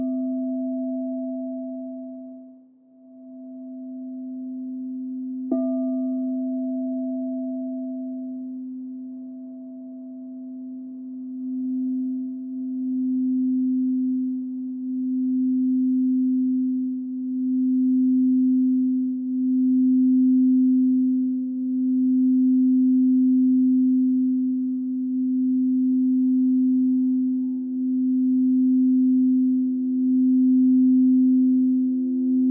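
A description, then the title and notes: A singing bowl hums a steady low tone, struck again near five seconds, its ring swelling and pulsing gently as overtones shimmer above. Soundscape Singing Bowl.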